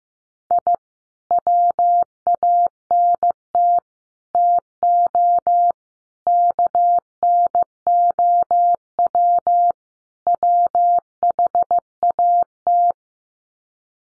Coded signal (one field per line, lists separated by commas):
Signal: Morse code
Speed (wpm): 15 wpm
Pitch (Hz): 700 Hz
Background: none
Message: I WANT TO KNOW WHAT